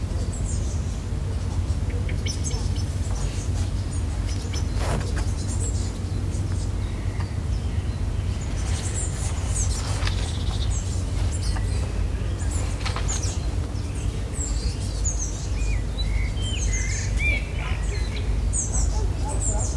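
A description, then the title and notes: Birdsong in a woodland glade, with scattered chirps and short calls above a steady low rumble, and a few sharp knocks around five seconds. It’s a sunny evening in a wooded glade on quiet stretch of the Isle of Wight's northern shore. Birdsong in a woodland glade on the Isle of Wight coast.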